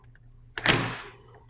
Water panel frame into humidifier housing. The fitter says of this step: and again, the front part here is facing me. It just snaps right in,